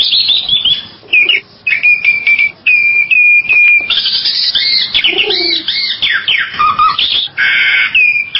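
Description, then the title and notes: Bali myna song mixing flat clear whistles, harsh buzzy bursts and chattering phrases, broken by brief silences. "Jalak Bali 2. Kicau Burung Jalak"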